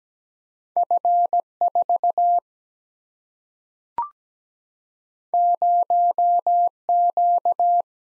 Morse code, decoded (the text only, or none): F 4 0 Q